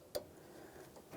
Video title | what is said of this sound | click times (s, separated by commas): How to Replace Power Steering Return Line Hose Assembly 2003-2007 Honda Accord | I have an audible click give it a light tug double check to make sure everything's secured | 0.1 s